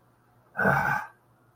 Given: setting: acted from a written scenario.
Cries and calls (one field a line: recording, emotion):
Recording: vocal sound without words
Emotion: contempt